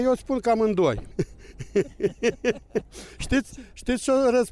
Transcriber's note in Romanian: Râde